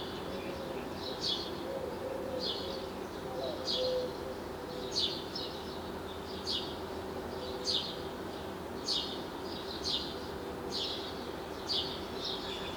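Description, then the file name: House sparrow giving short high chirps about once a second over a steady low rumble of background noise. "Passer domesticus"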